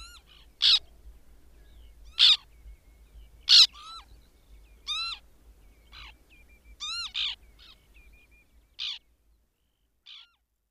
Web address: Madardalok Cd 3. Fehérszárnyú szerkő